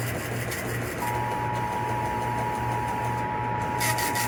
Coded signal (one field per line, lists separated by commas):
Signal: Emergency Alert System (SAME) tones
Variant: 853 and 960 Hz attention tone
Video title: One final push for the Summer. || EAS Alerts from August 30-31, 2024 (EAS #3,031-3,060)